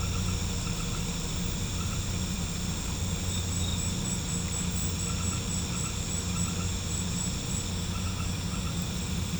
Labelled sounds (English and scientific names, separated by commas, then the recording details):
none
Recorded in pastures near Puerto Asís, Putumayo, Colombia, on 20 December 2024 at 18:30
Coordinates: 0.505, -76.324
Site G063